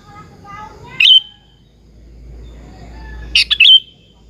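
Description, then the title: Sooty-headed bulbul song, brief liquid chirping phrases given twice, preceded by soft, faint lower notes, with quiet low rumble underneath. "Kutilang"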